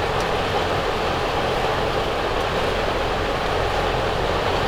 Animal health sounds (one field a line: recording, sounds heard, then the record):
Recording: poultry house recording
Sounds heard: no chicken sound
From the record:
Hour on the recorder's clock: 8